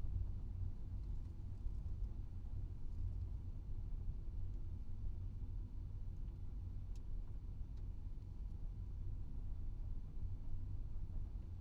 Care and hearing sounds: everyday scene through a hearing-aid microphone; in a vehicle; engine, rumble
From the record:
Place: Skoda Fabia, gasoline engine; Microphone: in the ear canal, right

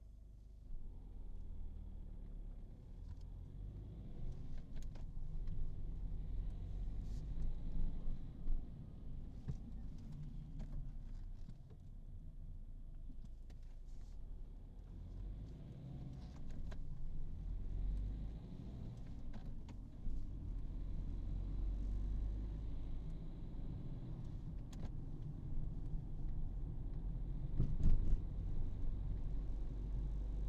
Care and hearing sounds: everyday scene through a hearing-aid microphone; in a vehicle; engine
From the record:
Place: Berlingo II, diesel engine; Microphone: in the ear canal, right

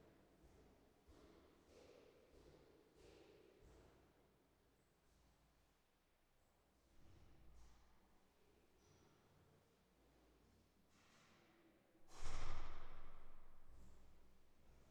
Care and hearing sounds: everyday scene through a hearing-aid microphone; reverberant space; background noise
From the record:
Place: staircase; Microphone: behind the ear, right, front

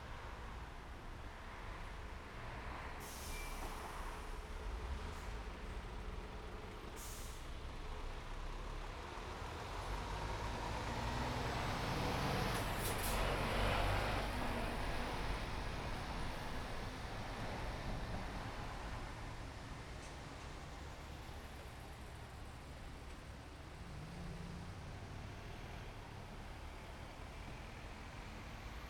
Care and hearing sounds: everyday scene through a hearing-aid microphone; in traffic; traffic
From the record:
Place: main road on the outskirts, rush hour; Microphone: behind the ear, right, rear

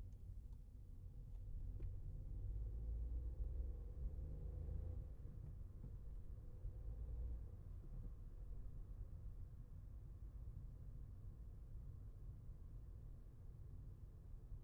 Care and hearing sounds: everyday scene through a hearing-aid microphone; in a vehicle; engine, traffic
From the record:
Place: Skoda Fabia, gasoline engine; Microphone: behind the ear, left, front

